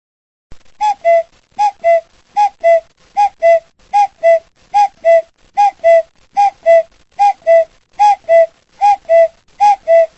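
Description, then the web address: Cuckoo calling: a clear two-note falling "cuck-oo", repeated steadily over a dozen times at an even pace, with silence between the pairs and no other sounds. "coo coo bird"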